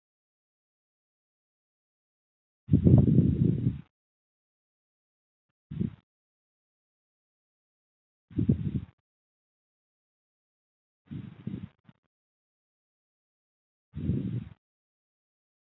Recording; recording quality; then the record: shallow breathing; poor, much background noise or distortion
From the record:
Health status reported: healthy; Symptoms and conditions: none ticked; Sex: female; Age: 21 years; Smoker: not ticked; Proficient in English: yes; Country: India